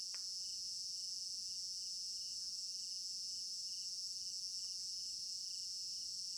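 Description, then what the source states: Crickets in a steady, shrill chorus that never pauses, with occasional brief clicks. Village garden in Africa at night; stereo binaural.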